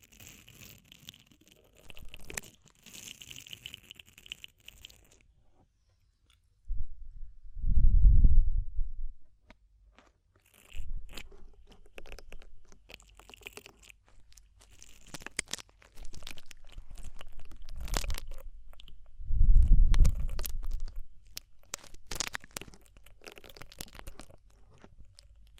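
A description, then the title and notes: Ear cleaning sounds, made of crunchy, crackling scratches and rustles that come in irregular bursts. Two deep, muffled thumping rubs stand out, one around eight seconds and another near twenty. Short quiet gaps fall between the busier stretches. ASMR DEEP Ear Penetrating Cleaning (No Talking).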